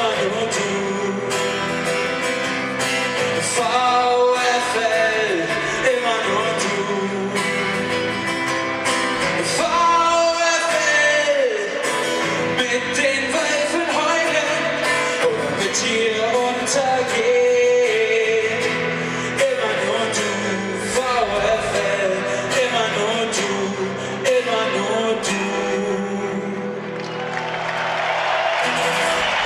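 A large crowd of football fans in the Nordkurve sings the club anthem together over steady music before the match, loud and sustained throughout, with the singing giving way to broad applause and cheering near the end.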